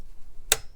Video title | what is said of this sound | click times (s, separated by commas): Van Service Time! How to change Oil, Oil Filter, Fuel Filter and Air Filter on Fiat Scudo. | hear that clicking there yeah 25 newton meters | 0.5 s